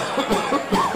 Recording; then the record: coughing mixed with background sound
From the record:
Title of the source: Spring Allergy Coughing